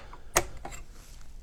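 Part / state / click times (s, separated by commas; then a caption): bobbin case into sewing machine hook / seated / 0.4 s. A bobbin case is pushed into the rotary hook of a Janome 311PG Anniversary Edition sewing machine with the needle at its highest position. A sharp click at 0.4 s is followed by faint small ticks. The bobbin case is seated and the hook is engaged, so it will not spin around.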